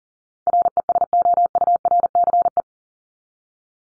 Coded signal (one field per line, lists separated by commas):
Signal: Morse code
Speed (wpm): 40 wpm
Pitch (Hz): 700 Hz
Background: none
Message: RESOURCE